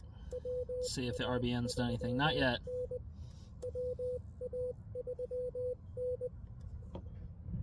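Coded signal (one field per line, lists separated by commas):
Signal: Morse code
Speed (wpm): 20 wpm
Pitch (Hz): 500 Hz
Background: speech, radio noise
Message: WA3N WA3N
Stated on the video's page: Morse CW from a park activation and a lake activation (LLOTA), using a Xiegu X6200 with Putikeeg keys and a dipole on a 14ft mast.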